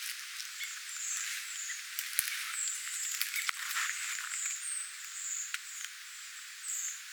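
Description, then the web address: Redwing flight calls, thin high drawn-out seeps sliding slightly downward, given repeatedly throughout over faint clicks and a steady hiss. Redwings near a bird tower, 8 September 2026. "paivat 8 9 2026 punakylkirastaita lintutornin lahella"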